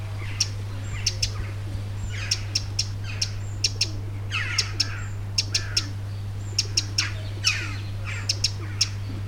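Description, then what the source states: Wren giving sharp, dry ticking calls, single and in quick pairs, repeated throughout, over a steady low hum. Loud contact calls in a back garden, on 25 June 2021 at 19:00, in the evening.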